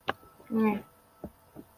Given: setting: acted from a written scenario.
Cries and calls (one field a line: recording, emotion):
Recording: vocal sound without words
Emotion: neutral